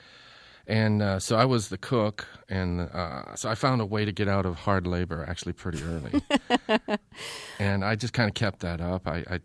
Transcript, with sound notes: And so I was the cook.
And so I found a way to get out of hard labor, actually, pretty early.
(SOUNDBITE OF LAUGHTER)
And I just kind of kept that up.